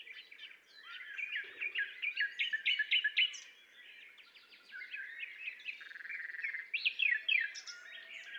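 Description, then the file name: Common nightingale song, clear and varied: rapid runs of repeated sharp notes, rattling trills and whistled phrases in quick succession over a quiet background. "Luscinia megarhynchos"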